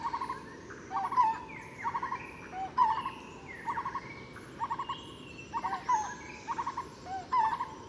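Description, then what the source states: Barbet calls in repeated bursts of low hollow notes, with brief higher chirps from other birds. Barbets in 30–40 m tall forest trees around the Angkor temples, Cambodia; Bayon temple, 8 December, 10:30; species not yet identified.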